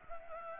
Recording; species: mosquito wingbeat signal from an infrared sensor; Anopheles gambiae